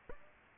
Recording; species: mosquito wingbeat signal from an infrared sensor; Aedes albopictus